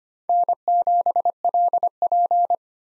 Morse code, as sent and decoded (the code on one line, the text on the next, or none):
-. --... .-.. .--.
N7LP